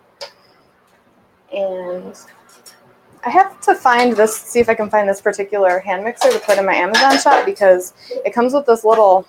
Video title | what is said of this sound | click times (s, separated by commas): Classic Peanut Butter Cookies - Facebook Live September 27, 2019 | that looks pretty good so I'm gonna pop the beaters out and | 0.2 s